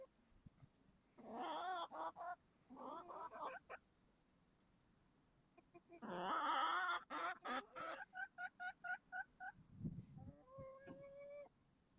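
Chicken cackling and squawking: loud, harsh bursts at intervals, then a rapid run of short repeated clucks ending in a few nasal notes.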